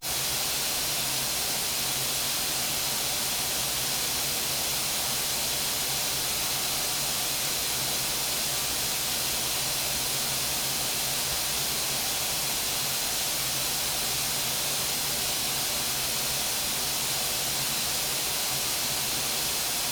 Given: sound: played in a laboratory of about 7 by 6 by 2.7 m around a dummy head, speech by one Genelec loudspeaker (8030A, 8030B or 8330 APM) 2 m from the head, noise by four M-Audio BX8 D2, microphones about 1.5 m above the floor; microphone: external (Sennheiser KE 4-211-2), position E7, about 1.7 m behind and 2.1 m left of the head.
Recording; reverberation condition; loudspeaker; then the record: white noise; medium; four, about 170 cm from the corners of the room and facing them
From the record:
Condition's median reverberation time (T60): about 510 ms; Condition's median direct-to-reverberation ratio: about -0.5 dB